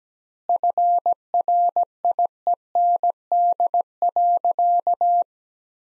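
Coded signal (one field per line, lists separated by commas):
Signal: Morse code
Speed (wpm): 17 wpm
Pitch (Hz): 700 Hz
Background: none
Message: FRIEND.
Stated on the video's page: Practice sentences from the top 300 words at 17 wpm with double word spacing, a word-level Farnsworth-style method.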